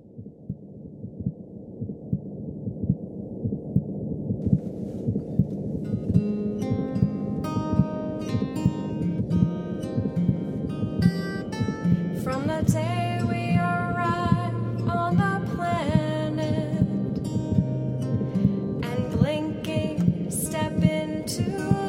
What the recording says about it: It will fade in with the heartbeat, and that's the beat that you'll hear in the background.